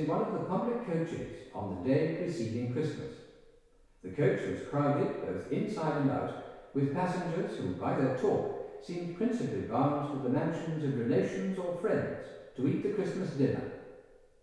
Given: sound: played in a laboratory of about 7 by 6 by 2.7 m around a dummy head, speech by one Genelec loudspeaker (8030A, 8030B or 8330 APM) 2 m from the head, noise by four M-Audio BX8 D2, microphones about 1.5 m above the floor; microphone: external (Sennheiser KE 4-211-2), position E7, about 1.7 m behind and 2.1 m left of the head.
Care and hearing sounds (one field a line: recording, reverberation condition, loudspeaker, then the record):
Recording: male speech in English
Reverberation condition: high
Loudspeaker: behind (180 degrees)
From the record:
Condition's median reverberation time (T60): about 1300 ms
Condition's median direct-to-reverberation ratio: about -4.0 dB